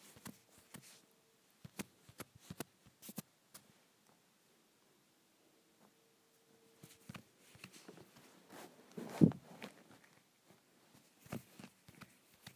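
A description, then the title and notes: Rubbing on a phone makes scattered sharp scrapes and clicks, sparse early, then busier rustling after seven seconds with a loud knock near nine. ASMR Rubbing my Phone.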